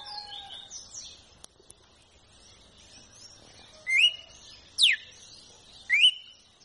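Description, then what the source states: Red-cowled cardinal: soft, faint whistling at first, then three loud clear notes, a rising whistle, a steep downslur, and another rising whistle. Female red-cowled cardinal song, used to warm up and stimulate a male to sing.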